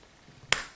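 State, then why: Seated. The battery compartment cover on the base of a compact Streamlight Siege AA LED lantern, keyed with a teardrop-shaped center post, is pressed in slightly and twisted until it locks. A single sharp, bright click sounds at 0.5 s over a quiet background, and the cover is seated and locked.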